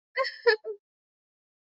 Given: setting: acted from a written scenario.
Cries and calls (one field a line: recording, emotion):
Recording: vocal sound without words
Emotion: romantic love